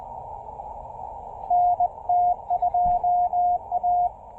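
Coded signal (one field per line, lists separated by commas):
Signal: Morse code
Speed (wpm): 20 wpm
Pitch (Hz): 700 Hz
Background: radio noise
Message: NT2A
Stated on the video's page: Morse from a QRP picnic-table POTA park activation using CHA MPAS Lite and CHA UCM antennas.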